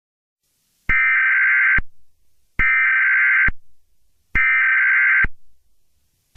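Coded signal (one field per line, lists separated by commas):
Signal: Emergency Alert System (SAME) tones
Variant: header bursts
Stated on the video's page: Fictional EAS scenario, a simulated alert.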